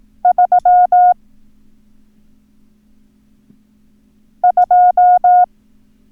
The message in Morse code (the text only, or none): 32